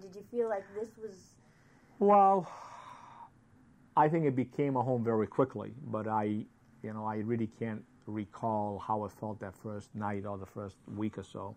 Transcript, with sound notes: I mean, did you feel like this was — [sighs]
I think it became a home very quickly. But I — you know, I really can't recall how it felt that first night or the first week or so.